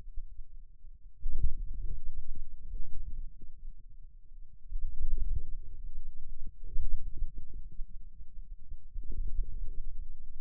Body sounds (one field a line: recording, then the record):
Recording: forearm muscle sounds (acoustic myography)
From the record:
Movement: inward rotation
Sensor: system 2, bracelet of six BSWA MPA416 microphones around the upper forearm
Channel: 5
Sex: male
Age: 22 years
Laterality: right